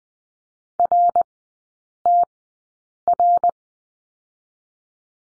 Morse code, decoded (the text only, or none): RTR